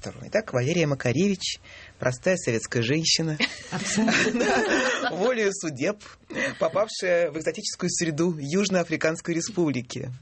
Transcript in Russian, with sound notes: Итак, Валерия Макаревич, простая советская женщина…… (смех) волею судеб попавшая в экзотическую среду Южно-Африканской Республики.